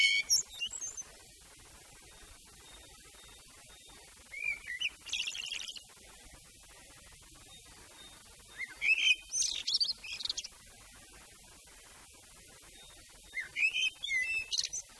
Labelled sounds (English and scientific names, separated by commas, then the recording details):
Common Blackbird (Turdus merula) song
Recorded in the wild
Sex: male
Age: adult
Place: Erlangen, Bayern, DE
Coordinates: 49.6075, 11.0092
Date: 1966
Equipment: Nagra, Vollspur
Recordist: Tretzel, Erwin